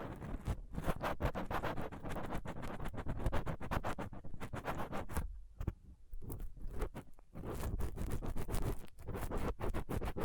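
A dental pick, tweezers and a cotton swab rub and pick roughly across a microphone, making dense, fast scratching and scraping with sharp clicks. The scraping runs almost without pause, easing into a quieter, sparser patch around five to seven seconds before turning busy again.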